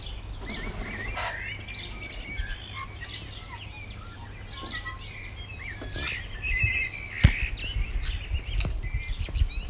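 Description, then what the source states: Birds chirping and whistling in overlapping bursts, a few louder sharp notes near the end, with low rumbling noise beneath. Morning birdsong.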